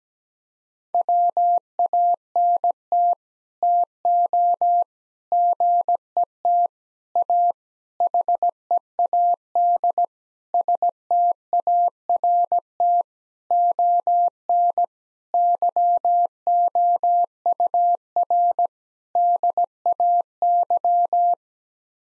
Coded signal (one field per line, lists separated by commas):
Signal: Morse code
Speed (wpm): 17 wpm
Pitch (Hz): 700 Hz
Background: none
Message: WANT TO GET A HEAD START ON YOUR DAY